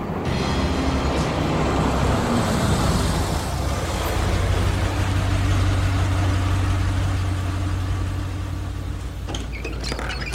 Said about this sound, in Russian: Подъезжает автобус.